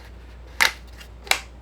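Someone presses the tube-selector button on a multi-tube shotgun and turns the rotating magazine tube in the receiver, giving two sharp broadband metallic clicks at 0.6 s and 1.3 s over a faint steady low hum. The tube locks into its next position, so the gun now feeds from that tube.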